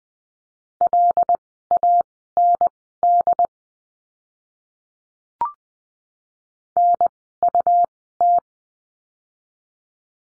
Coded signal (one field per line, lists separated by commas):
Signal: Morse code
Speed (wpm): 20 wpm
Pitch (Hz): 700 Hz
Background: none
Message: LAND NUT